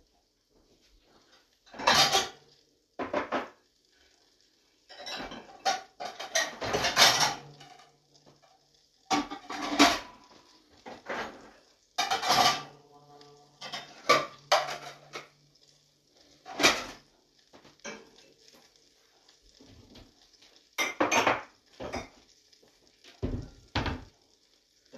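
Cooking eggs and bell peppers in a pan, heard mostly as sharp clatters and scrapes of cookware and utensils every second or two. A faint, steady high hiss runs underneath, and the clinks come in irregular bursts across the whole stretch.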